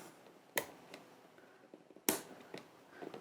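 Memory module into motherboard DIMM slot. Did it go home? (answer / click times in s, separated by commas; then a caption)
yes / 0.6 s, 2.1 s. A DDR4 memory module is pressed down into a motherboard DIMM slot, and the plastic retention tabs snap shut with sharp clicks at 0.6 s and 2.1 s, followed by fainter ticks. The module is seated.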